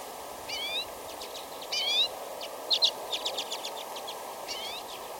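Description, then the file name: Common redpoll calls: rising, nasal 'dweee' notes mixed with rapid dry chit-chit chatter in bursts, over steady hiss and a faint constant hum. "Acanthis flammea - Common Redpoll"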